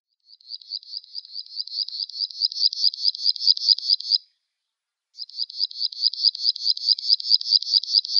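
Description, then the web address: Graceful prinia song: a fast run of high, buzzy repeated notes growing louder, breaking off briefly, then resuming at the same pace. "Schulze Peter Graceful Prinia song"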